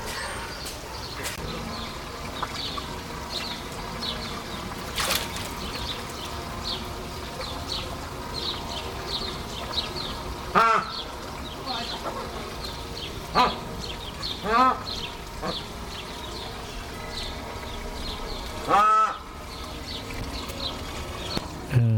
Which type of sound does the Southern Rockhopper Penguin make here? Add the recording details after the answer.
call. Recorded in captivity. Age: adult. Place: Zoo Berlin, Berlin, DE. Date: 1996-04-27 17:57. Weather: heiter, 17°C. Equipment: Sony MD-WM MZ-R3, Sennheiser MKH 416 T, Kopie Uher 4000 Report Monitor. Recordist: Tembrock, Günter